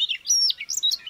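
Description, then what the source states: Siberian rubythroat song, a quick run of bright, varied whistled notes, including a long high even whistle and sharp chirps, with nothing else around. Teuri Island, Hokkaido, Japan.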